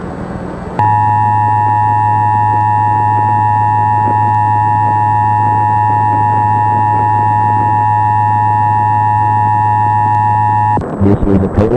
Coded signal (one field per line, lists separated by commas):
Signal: Emergency Alert System (SAME) tones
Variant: 853 and 960 Hz attention tone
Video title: EAS Mock - vintage Transmission screen from 80s/90s [Long Island NY]